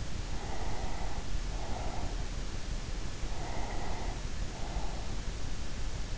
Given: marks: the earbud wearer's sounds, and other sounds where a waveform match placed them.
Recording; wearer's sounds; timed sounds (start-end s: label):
sounds in sleep by an in-ear microphone; breath
0.31-2.68 s: breath
3.34-5.40 s: breath